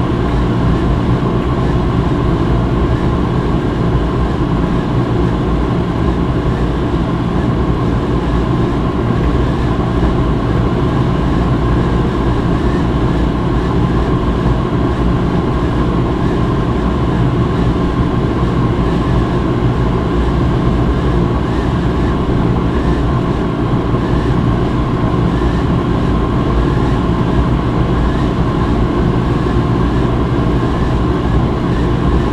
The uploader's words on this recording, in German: Tauche ein in die meditativen Klänge eines Wäschetrockners. Diese Episode präsentiert die beruhigenden und gleichmäßigen Geräusche eines laufenden Trockners.